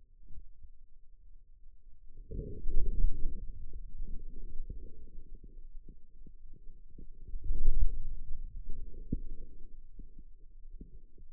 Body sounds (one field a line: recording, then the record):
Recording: forearm muscle sounds (acoustic myography)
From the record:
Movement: inward rotation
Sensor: system 2, bracelet of six BSWA MPA416 microphones around the upper forearm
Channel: 5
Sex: male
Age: 22 years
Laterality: right